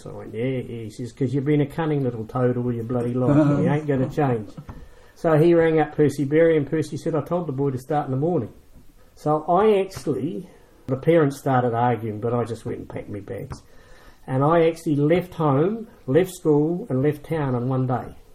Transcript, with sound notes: I went, “Yeah, yeah.” He says, “’Cause you’ve been a cunning little toad all your bloody life, and you ain’t gonna change.” [Chuckles] So he rang up Percy Berry and Percy said, “I told the boy to start in the morning.” So I actually – the parents started arguing but I just went and packed me bags – and I actually left home, left school and left town in one day.